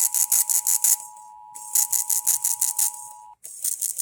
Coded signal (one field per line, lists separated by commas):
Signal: Emergency Alert System (SAME) tones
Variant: 853 and 960 Hz attention tone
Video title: NORTHERN UTAH STORMS! Broadcast Radio/Stream EAS: Severe Thunderstorm Warnings (EAS #754-756)